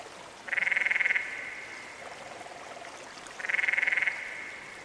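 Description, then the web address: Canyon frog giving two rapid pulsed trills, each under a second and about three seconds apart, with a faint lower rattling trill in the gap. "Dan Gibson's Solitudes Frog Song. Canyon Frog"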